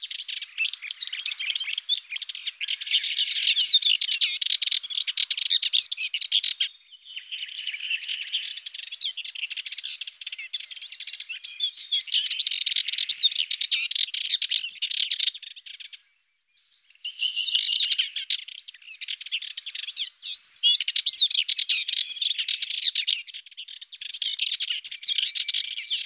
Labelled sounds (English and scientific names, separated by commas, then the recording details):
Subalpine Warbler (Sylvia cantillans) song
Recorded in the wild
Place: St. Laurent des Arbres und Umgebung, FR
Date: 1997-04-28
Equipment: Dat-Recorder Casio DA 7, Telinga DAT, stereo, Telinga-Parabolspiegel
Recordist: Schwarz, Dieter
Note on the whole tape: Song